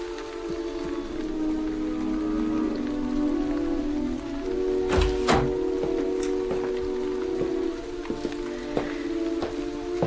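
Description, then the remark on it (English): Steady rain, which has followed bursts of sleet, patters across a surface in a dense, hissing wash, with a few sharper splashes and drips standing out, while low sustained tones hum beneath it throughout. “I set my face against the rain and urge my horses on.”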